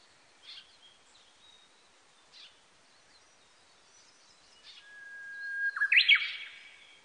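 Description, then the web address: Japanese bush warbler song: a few faint chips, then a held whistle followed by a bright, twisting flourish near the end. Recorded on 18 April 1998. "1998 980418 uguisu"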